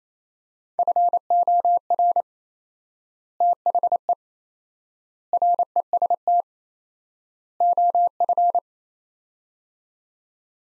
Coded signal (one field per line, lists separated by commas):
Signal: Morse code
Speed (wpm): 27 wpm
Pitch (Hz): 700 Hz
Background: none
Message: FOR THE REST OF